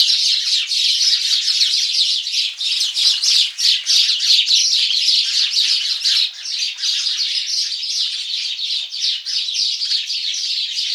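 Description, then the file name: House sparrow chirps, a dense, continuous chatter of overlapping sharp notes running the whole time without a break, several birds seemingly calling at once. "Passer domesticus"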